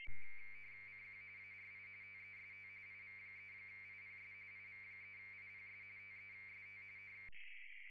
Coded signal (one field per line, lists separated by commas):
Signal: RTTY